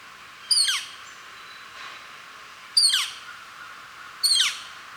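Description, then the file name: Northern flicker nestling calls: three high, squeaky notes, each falling quickly in pitch, with quiet hiss between. Nestling, calling while being fed. "Northern Flicker Nestling Calling and Feeding"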